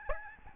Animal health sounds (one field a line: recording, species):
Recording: mosquito wingbeat signal from an infrared sensor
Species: Aedes albopictus